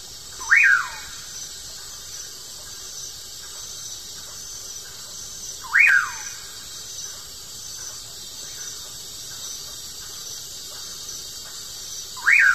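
Common pauraque whistling three times, each note a quick rising-then-falling slur, repeated roughly every six seconds against faint constant hiss.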